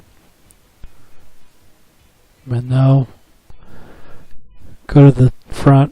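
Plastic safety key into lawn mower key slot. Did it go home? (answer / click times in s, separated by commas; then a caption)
yes / 0.5 s, 0.8 s. A plastic safety key is lined up with its hole on a Redback 40V cordless lawn mower and pushed in, snapping into the key slot with two sharp clicks at 0.5 s and 0.8 s. Someone then talks. The key is seated.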